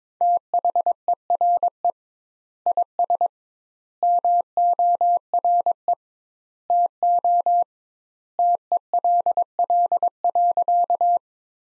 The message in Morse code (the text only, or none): THERE IS MORE TO TELL.